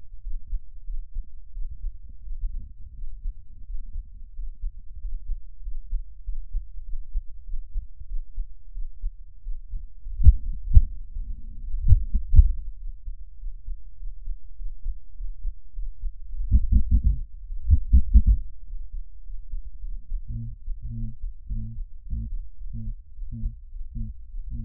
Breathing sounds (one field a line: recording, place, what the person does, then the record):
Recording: lung sounds by stethoscope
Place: right anterior apical chest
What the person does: quiet breathing, then cough and speech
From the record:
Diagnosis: none (healthy)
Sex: male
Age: 23 years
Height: 185 cm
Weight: 93 kg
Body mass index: 27.2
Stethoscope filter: bell mode